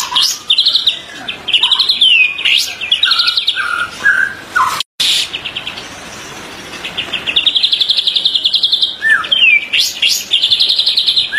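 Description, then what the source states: White-rumped shama song of fast repeated high notes and whistles with a lower fluty phrase; a short silent gap falls midway. Master song used for training songbirds.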